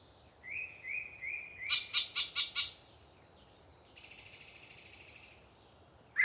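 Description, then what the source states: Yellow-breasted chat giving three soft whistled notes, then five loud harsh chucks in a row, followed by a long buzzy rasp. Very talkative bird singing a long pre-dawn soliloquy in deciduous cover near the microphones.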